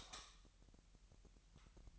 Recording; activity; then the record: daily activity, microphone in the room; light off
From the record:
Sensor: 3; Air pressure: 1001.9 hPa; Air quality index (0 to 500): 245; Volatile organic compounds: 47 ppm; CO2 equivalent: 3255 ppm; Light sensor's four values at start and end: 12/35/15/13 and 6/13/5/5